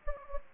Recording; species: mosquito wingbeat signal from an infrared sensor; Anopheles gambiae